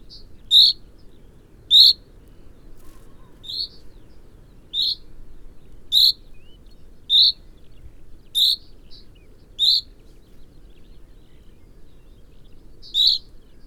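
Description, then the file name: Common chaffinch giving a series of bright, clipped single call notes, roughly one every second, a few fainter notes between, steady low rumble underneath. "Fringilla coelebs"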